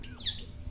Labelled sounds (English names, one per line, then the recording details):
Stitchbird song
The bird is a male
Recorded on Tiritiri Matangi Island, New Zealand, in 2005
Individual 11, of nest box 13